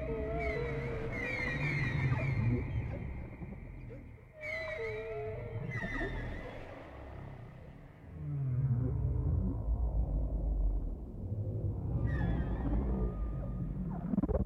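Whale song: bright tonal cries and groans alternating with low rumbling, with sudden changes between phrases.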